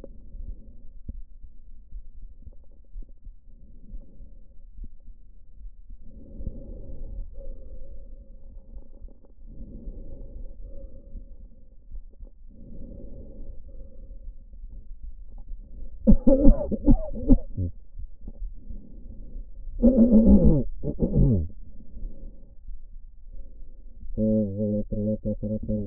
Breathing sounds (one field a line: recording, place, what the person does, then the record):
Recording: lung sounds by stethoscope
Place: left anterior apical chest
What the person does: quiet breathing, then cough and speech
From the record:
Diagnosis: none (healthy)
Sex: male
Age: 45 years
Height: 173 cm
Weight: 92 kg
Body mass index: 30.7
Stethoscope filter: diaphragm mode